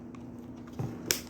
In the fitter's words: right there, and you can hear it click when it's connected.